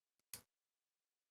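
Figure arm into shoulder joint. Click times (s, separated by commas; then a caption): 0.3 s. A detached arm of a plastic MegaHouse G.M.G. Zeon Soldier Gundam action figure is pushed back into its shoulder socket, giving a faint first tick at about 0.2 s where it seems to be in, then a sharp, louder snap at 0.3 s as it is pushed a little further. The arm is seated in the shoulder joint, followed by silence.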